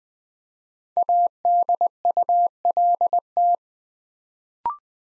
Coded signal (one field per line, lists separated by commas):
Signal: Morse code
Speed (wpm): 20 wpm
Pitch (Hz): 700 Hz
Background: none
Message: ADULT